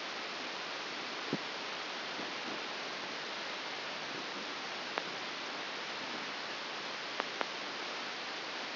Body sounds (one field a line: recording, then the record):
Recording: brain microelectrode recording played as sound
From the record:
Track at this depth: inside the subthalamic nucleus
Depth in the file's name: 1.6 mm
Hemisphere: left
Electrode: 2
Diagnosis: Parkinson's disease